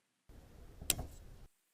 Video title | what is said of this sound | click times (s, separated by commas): Change various different types of wiper blades in under 30 seconds | you may need to push pretty hard to hear the click which tells you it is secured | 0.9 s